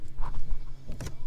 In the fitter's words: it's actually locked into place that way